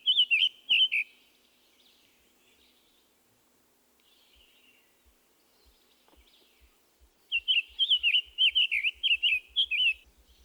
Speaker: His song also has that sing-song rhythm. However, it is less burry than the scarlet tanager. Listen to the summer tanager.